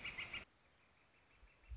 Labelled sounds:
Northern Flicker

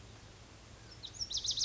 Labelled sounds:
Pacific Wren

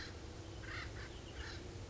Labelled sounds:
Acorn Woodpecker

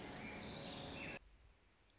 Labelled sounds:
Orange-crowned Warbler

